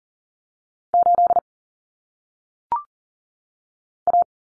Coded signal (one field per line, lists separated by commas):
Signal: Morse code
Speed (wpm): 39 wpm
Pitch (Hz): 700 Hz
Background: none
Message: 8 A